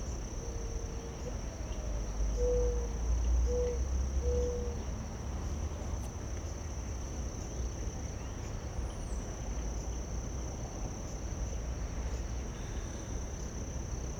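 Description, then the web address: Cricket chorus, a steady high continuous trill throughout, with a few low soft notes early on and a constant low rumble. Late summer. "Kerman Eckes WIB-Electa Quinney. Late Summer Crickets, Doves"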